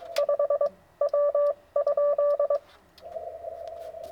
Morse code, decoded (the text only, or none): 5 W?